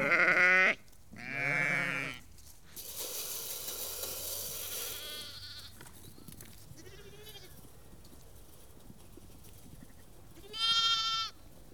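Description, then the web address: Sheep bleats, two loud calls at the start, a rough noisy stretch, then quieter bleats and one clear harmonic bleat near the end. About 30 to 50 ewes and lambs calling together. "BBC Sound Effects Library (Livestock) About 30-50 Ewes and Lambs Calling"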